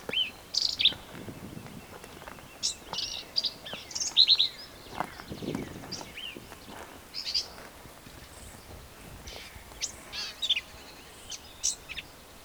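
Black-capped vireo sending out a long run of high, varied, buzzy chips and scratchy phrases, some faint.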